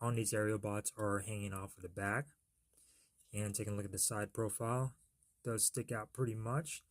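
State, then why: Not seated. Someone talks while handling the plastic nose-cone backpack on a transforming robot toy, which is being pressed onto the robot's back. Nothing has seated or clicked yet; the clip ends just before the part goes home, with only speech and quiet pauses heard.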